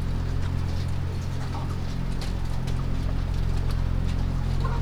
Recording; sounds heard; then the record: poultry house recording; sick chickens (respiratory disease)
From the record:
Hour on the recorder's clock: 3